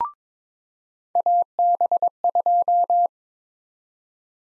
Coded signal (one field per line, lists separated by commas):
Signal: Morse code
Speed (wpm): 22 wpm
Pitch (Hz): 700 Hz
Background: none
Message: AB2